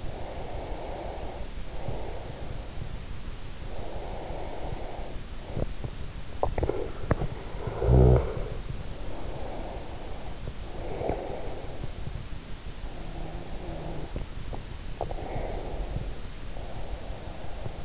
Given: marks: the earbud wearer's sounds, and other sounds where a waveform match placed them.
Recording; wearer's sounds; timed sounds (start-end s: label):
sounds in sleep by an in-ear microphone; breath, teeth grinding, swallowing, snoring breath
0.02-2.88 s: breath
3.61-5.21 s: breath
5.45-6.10 s: teeth grinding
6.37-7.02 s: swallowing
7.02-7.53 s: teeth grinding
7.53-8.68 s: snoring breath
8.99-12.30 s: breath
12.93-14.63 s: breath
15.03-17.84 s: breath